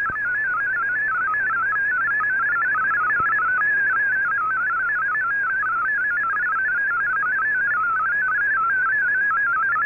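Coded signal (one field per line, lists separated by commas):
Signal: multi-tone FSK (Olivia or MFSK type)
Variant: MFSK32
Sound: rapid, continuous warbling tone jumping between many pitches, like a fast random melody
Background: radio static, low hum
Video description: Here is my decode of the Shortwave Radiogram broadcast today on 15770Khz shortwave radio at 1300UTC in MFSK32 and 64 and with 10 SSTV images.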